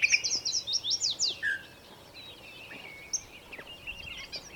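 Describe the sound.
A bird sings a short burst of quick rising notes, then only faint twittering remains beneath steady background noise.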